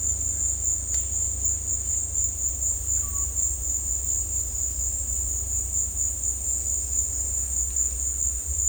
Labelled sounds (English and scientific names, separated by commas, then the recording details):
none
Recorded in dense forest near Puerto Asís, Putumayo, Colombia, on 16 December 2024 at 15:00
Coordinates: 0.466, -76.327
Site G075